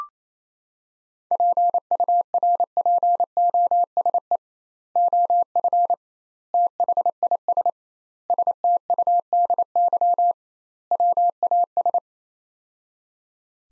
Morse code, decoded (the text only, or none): PURPOSE OF THIS STUDY WAS